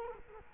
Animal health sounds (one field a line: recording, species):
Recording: mosquito wingbeat signal from an infrared sensor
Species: Culex quinquefasciatus